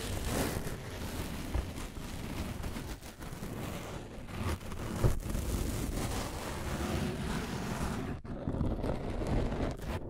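Continuous scratching fills the clip as a dense, rough rasp, heaviest in the low range with a hiss above it. The strokes barely let up, apart from brief breaks near three, four and eight seconds and a sharper scrape around five.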